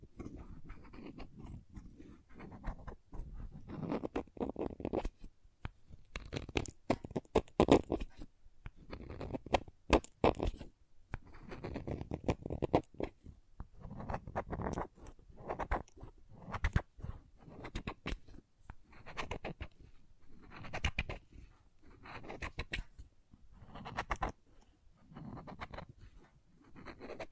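Crayons being tapped, carved and dragged across a surface make a stream of scratchy strokes and sharp little clicks. Low, rubbing scrapes swell and fade every second or two, while brighter taps cut through irregularly, clustering thickly around the middle of the 27 seconds.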